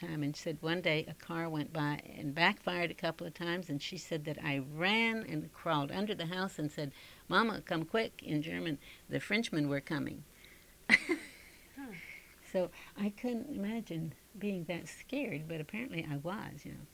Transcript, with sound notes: And she said one day a car went by and backfired a couple of times, and she said that I ran and crawled under the house and said, "Mama, come quick," in German. "The Frenchmen are coming." (she laughs)
Hmm.
So I couldn't imagine being that scared, but apparently I was, you know.